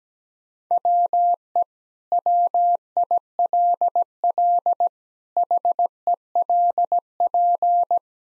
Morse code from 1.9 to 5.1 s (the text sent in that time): WILL